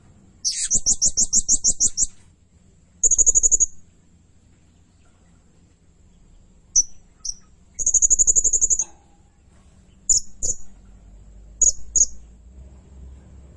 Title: Burung Serindit Nembak Gacor Bikin Emosi Semua Burung